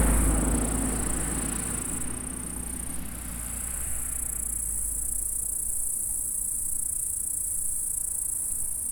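Insect stridulation, a high shimmering drone that continues throughout, masked at first by loud low rumbling noise that dies away after a few seconds.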